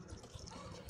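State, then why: Not seated. A wire connector is handled against its socket on a PC component, with steady low rumble and faint scratchy handling noise throughout and a brief louder bump right at the end, around 0.9 s. Nothing has seated or clicked yet; the connector is not home.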